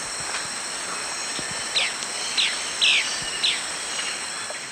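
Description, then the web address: Three-striped flycatcher giving four quick falling notes roughly every half second, set against a continuous high-pitched insect chorus. Calls recorded in the eastern lowlands of South America. "Natures Songs S America Eastern Lowlands. Conopias trivirgatus, calls"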